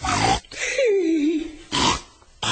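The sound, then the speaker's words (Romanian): A pig in a laundry grunts in rough, snorting bursts, with a wavering, drawn-out squeal in the middle and two more short, loud grunts after a pause. No one speaks. “un porc dezgustător în spălătorie.”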